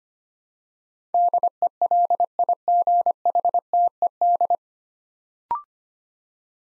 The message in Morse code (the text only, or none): DELIGHTED